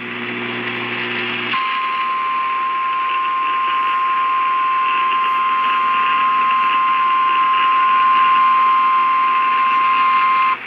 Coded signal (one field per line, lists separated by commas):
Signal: Emergency Alert System (SAME) tones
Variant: 853 and 960 Hz attention tone